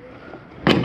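In a 2022 XLR Boost 29LRLE RV, a fold-out support leg on the bed/dinette section is swung into position and snaps into its mount with one sharp click at 0.7 s. Only a quiet background is heard before it. The leg is seated in place.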